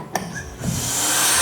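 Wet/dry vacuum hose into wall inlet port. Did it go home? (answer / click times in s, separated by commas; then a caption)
yes / 0.2 s. A wet/dry vacuum system hose is pushed into its wall-mounted inlet port, set high on the wall, giving a short, sharp click at 0.2 s as it seats. From about 0.6 s a broad, rising hiss and rush swells and holds, because plugging the hose in automatically turns the system on.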